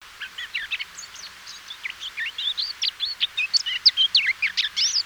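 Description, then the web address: Eurasian blackcap warble that begins soft and hesitant, then grows louder and faster into a lively stream of clear, slurred whistles. "SETE data Sylvia atricapilla"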